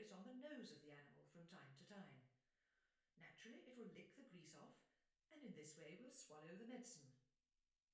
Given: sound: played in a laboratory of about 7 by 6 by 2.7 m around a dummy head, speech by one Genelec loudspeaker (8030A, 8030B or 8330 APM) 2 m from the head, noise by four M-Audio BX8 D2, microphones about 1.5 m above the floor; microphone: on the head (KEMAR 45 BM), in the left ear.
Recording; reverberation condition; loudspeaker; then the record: female speech in English; medium; 90 degrees to the right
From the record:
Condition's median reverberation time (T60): about 510 ms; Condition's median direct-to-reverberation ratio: about -0.5 dB